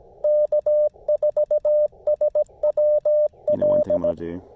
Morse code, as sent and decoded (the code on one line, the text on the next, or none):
-.- ....- ... .-- .-..
K4SWL